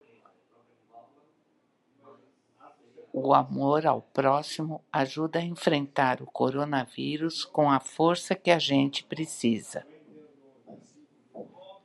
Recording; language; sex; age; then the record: spoken sentence; Brazilian Portuguese; female; 60 to 69 years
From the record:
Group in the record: control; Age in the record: 64 years